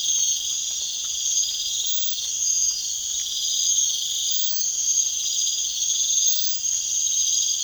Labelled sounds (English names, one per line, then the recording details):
none
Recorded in pastures near Puerto Asís, Putumayo, Colombia, on 27 June 2025 at 02:30
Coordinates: 0.502, -76.324
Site G010